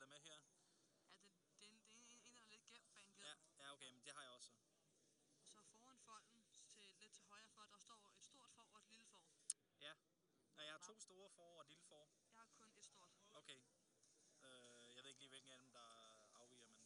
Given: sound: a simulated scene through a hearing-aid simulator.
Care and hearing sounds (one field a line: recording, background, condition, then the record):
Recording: conversation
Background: quiet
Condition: 55 dB SPL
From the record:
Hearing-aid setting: IV (slow-acting compression, loudness normalization)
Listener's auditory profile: D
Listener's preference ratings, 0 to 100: 94, 95, 100